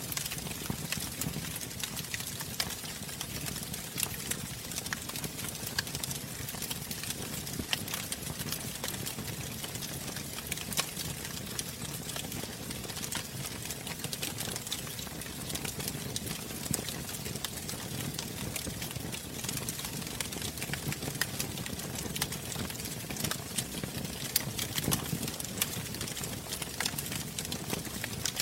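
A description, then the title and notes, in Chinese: Firewood burns steadily for the whole stretch, with a dense, constant patter of small crackles and sharp pops scattered throughout. Under the crackling sits a low, even roar of the flames that never rises or fades. A few louder snaps stand out now and then. 柴火燃烧。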